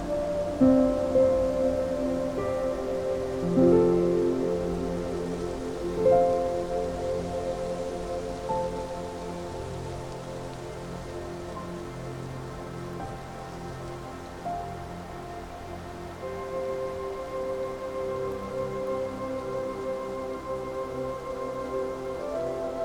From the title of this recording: Meadow Serenade With Relaxing Music, Rustling Leaves & Nature Sounds